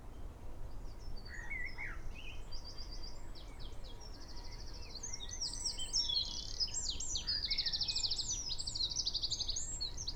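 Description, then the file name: Eurasian wren song building from scattered high chips into a loud, rushing run of rattling trills and sharp notes, over low background rumble. "Troglodytes troglodytes"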